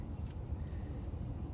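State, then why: Not seated. A white crimped terminal pin is picked up and lined up at the cavity of a special ECM plug, the engine computer connector housing, during a Pacbrake PRXB exhaust brake install with an Eaton Fuller shift knob on a Cummins. Only steady low rumble and faint handling noise are heard, with no sharp transients. The pin has not been pushed in yet, and nothing has seated or clicked.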